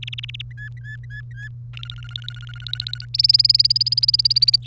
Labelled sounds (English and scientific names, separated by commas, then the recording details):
Domestic Canary (Serinus canaria) song
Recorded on 1 May 2018 at 12:15
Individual llb3